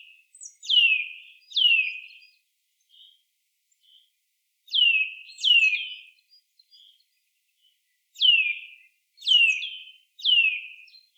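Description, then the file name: Eurasian nuthatch giving loud descending whistled calls in clusters of two or three, separated by pauses of a few seconds, with faint soft notes in between. "Sitta europaea"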